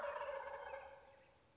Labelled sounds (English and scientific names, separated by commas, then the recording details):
Wild Turkey (Meleagris gallopavo)
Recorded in Sonoma County, California